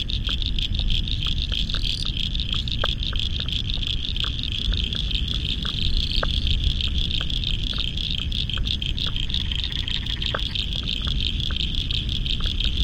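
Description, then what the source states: Frog chorus with many brief clicks scattered throughout, an unbroken shrill pulsing trill above, and a deep continuous rumble below. Spring frog chorus at dusk by the South Pacific Ocean, Royal National Park, Australia, November 2015.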